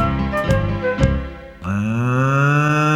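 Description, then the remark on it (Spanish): A cow gives a few rough, breathy grunts, then lets out a long, loud, steady moo that holds its low, droning pitch to the end, with no talking. “Escuchemos la vaca de Don Pedro Pablo, que está mugiendo en el establo. Esa es la vaca de Don Pedro Pablo.”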